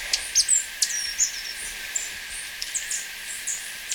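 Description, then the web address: Capped conebill calls: scattered thin, high chips and short whistled notes spaced irregularly through a quiet background. Recorded in Ecuador. "Natures Songs S America Birds of Ecuador. Capped Conebill"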